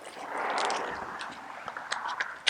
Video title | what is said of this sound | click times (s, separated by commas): SAM XT Extremity Tourniquet | pull this until the audible clicks | 2.5 s